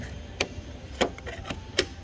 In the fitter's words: You hear it unclick.